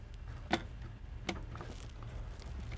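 A control circuit board is lined up and pushed down onto its standoff mounts inside the housing of a MidNite Solar Classic charge controller during reassembly after an inductor replacement. Two sharp snaps ring out at 0.5 s and 1.3 s over a low steady hum, followed by a few faint ticks. The board is seated and snapped into place.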